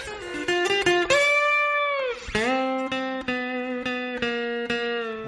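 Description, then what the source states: Goat bleats: a wavering bleat, then a falling one, then a long, fairly steady bleat. Goats at a goat farm in southeast Texas near Houston, heard while reporters jokingly interview them.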